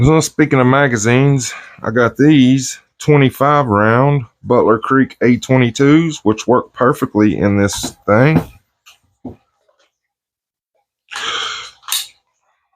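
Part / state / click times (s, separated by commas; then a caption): 25-round .22 magazine into a bolt-action rifle's magazine well / seated / 11.9 s. Someone talks, then a 25-round Butler Creek A22 polymer .22 magazine is pushed into the magazine well of a bolt-action .22 rifle with a brief sliding scrape. It latches with one sharp click at 11.9 s, seating fully.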